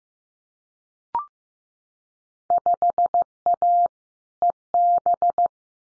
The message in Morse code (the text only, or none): 5A EB